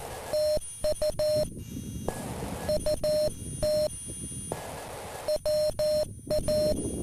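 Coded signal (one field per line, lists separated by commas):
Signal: Morse code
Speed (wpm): 13 wpm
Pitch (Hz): 610 Hz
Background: none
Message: TU UT WA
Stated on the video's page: QRP CW POTA park activation with a (tr)uSDX transceiver and DX Commander pole antenna, morning operation.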